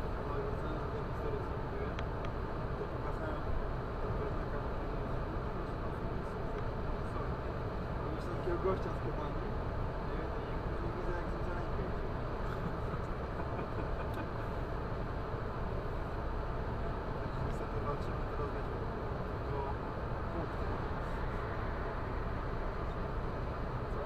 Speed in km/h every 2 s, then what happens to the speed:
113, 113, 113, 113, 113, 113, 113, 113, 113, 113, 113, 113.
0-24 steady at about 113.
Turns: none.